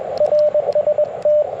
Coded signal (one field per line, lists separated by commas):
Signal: Morse code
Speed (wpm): 21 wpm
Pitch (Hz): 590 Hz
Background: radio noise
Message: RST